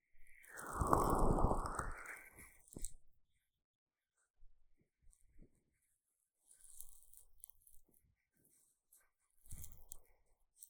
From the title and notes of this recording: ASMR 蘆薈凝膠按摩耳朵 | Aloe based gel sticky Earmassage | 3Dio | NoTalking.